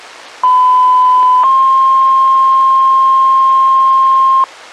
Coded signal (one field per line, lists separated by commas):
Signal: two-tone page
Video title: Carroll County Ohio FD's Pager Testing VHF Low Band 33.94 mHz